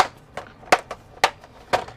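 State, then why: Seated. The plastic cover of a 2010 Ford F-150 Lariat instrument cluster, under repair because it comes on and goes off, is lined up with its cluster housing and pressed back on. Two sharp plastic snaps ring out at 0.7 s and 1.2 s, among quieter clicks and a third sharp snap near 1.7 s. The cover seats and snaps back into place.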